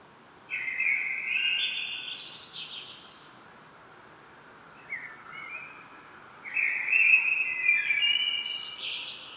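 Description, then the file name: Common blackbird singing mellow, flute-like phrases that break into scratchy high twitters, with a short softer snatch between two louder phrases; quiet hiss beneath. "Turdus merula"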